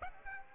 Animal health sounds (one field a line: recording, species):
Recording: mosquito wingbeat signal from an infrared sensor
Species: Aedes aegypti